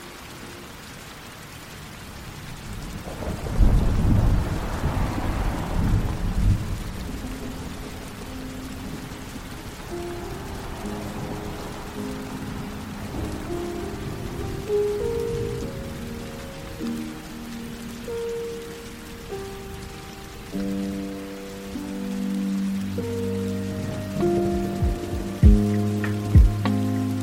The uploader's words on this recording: Lo-fi hiphop music. Rain/thunder.